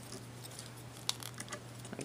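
A plastic tab on a transforming robot action figure is pushed into its slot during transformation. Faint plastic taps and light handling noise precede a sharp click at 1.1 seconds, when the tab pegs into place. A few softer taps follow.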